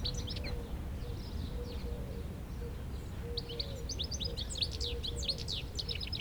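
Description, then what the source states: European goldfinch twittering, with sparse notes at first, then a dense run of tinkling, slurred chirps in the second half. A low hum and road rumble run underneath. Chattering in a shrub near Le Tillet, beside the road, Aix-les-Bains, France.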